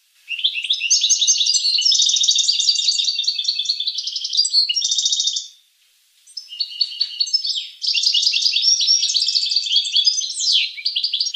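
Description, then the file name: Finch song: long runs of fast, buzzy, rattling trills and squeaky notes, broken by a brief pause midway. "sing finch mouth lor"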